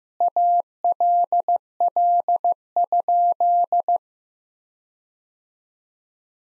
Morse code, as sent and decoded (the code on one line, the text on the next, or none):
.- .-.. .-.. ..--..
ALL?